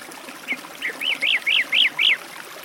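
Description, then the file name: Song thrush song, a clear arched whistle repeated rapidly about seven times and growing louder, with flowing water behind. By a forest stream. "pevchij drozd u lesnogo ruchya"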